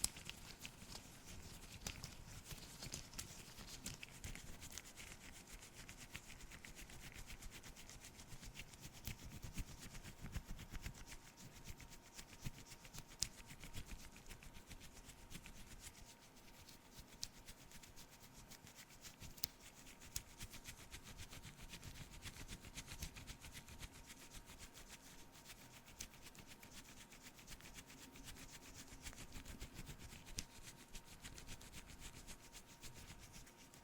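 Face and camera cleaning sounds: dense, steady rubbing and wiping, bright and scratchy, running the whole time with quick irregular strokes. A thin, constant mid-pitched hum sits underneath, with occasional soft low thumps.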